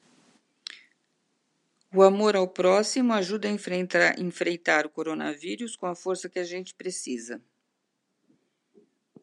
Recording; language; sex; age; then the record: spoken sentence; Brazilian Portuguese; female; 60 to 69 years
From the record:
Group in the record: control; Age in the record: 69 years